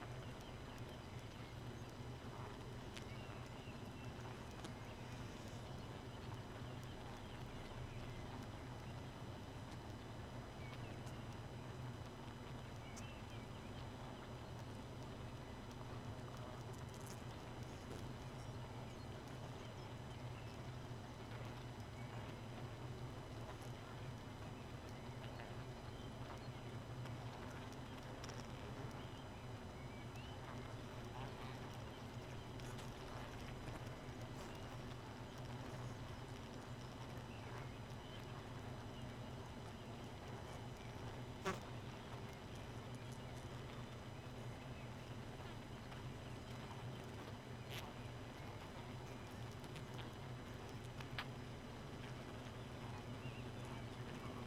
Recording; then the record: honeybee colony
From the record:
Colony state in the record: missing queen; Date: 31 May 2018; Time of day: 2:53